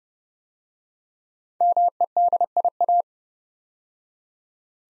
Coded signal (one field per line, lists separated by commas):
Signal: Morse code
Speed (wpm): 30 wpm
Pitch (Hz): 700 Hz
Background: none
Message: MEDIA